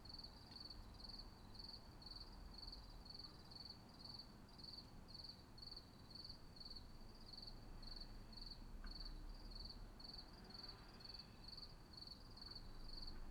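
Steady cricket chirping, rapid high trilled pulses about twice a second, with low-frequency background hum throughout.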